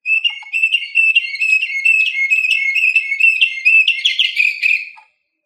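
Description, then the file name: Canary song: a continuous rapid rolling trill of bright whistled notes, briefly rising and fuller near the end before stopping. Orpheus V3 canary recording. "kn orpheus v 3 omkicau"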